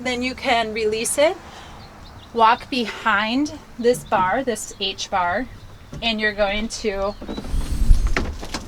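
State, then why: Seated. Someone talks while standing behind the H-bar of a Vanagon's raised pop-top roof, then pushes the roof forward. Near the end there is a scraping push, and a sharp click at 8.2 s as the latch engages and the pop-top bar seats forward.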